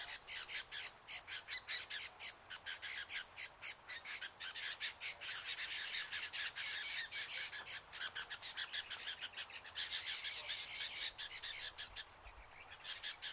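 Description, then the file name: Lewin's honeyeater distress calls: a long, relentless run of many rasping squawks, with a brief pause near the end. "BIRD LEWINS HONEY EATER DISTRESSED CALL"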